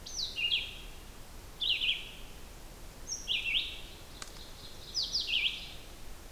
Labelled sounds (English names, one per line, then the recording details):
Red-eyed Vireo song
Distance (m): 20 m
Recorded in boreal forest in Alberta, Canada, on 16 June 2016 at 08:47
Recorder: SongMeter 3, array SBT-3-32
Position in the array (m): 47 m, 13 m